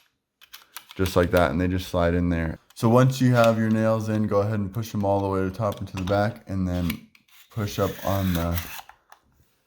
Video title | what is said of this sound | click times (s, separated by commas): KEENTECH Brad Nailer Unboxing & Testing | The Keeper until it clicks and then you are loaded up and ready to go | 8.9 s, 9.1 s